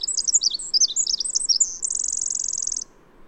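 Bird song, very high and sweet: quick varied chirps and slurred notes, then a fast even trill lasting about a second before stopping.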